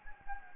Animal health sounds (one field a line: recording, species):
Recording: mosquito wingbeat signal from an infrared sensor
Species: Anopheles gambiae